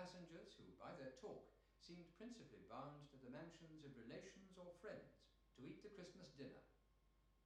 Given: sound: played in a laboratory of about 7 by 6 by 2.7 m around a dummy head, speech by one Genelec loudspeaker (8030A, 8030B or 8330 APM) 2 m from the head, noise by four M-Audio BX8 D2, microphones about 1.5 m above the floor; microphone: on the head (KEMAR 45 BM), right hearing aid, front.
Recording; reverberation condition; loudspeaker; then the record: male speech in English; medium; behind (180 degrees)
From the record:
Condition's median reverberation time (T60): about 510 ms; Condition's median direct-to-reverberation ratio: about -0.5 dB